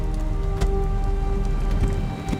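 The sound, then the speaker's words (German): Sleet, hail and snow, driven by a storm wind, drum steadily against a window in a dense, continuous patter, with a few sharper, louder strikes standing out over a constant low hum. “Das waren keine Regentropfen, was da gegen unser Fenster trommelte. Schnee. Graupel, Hagel, echtes Sauwetter.”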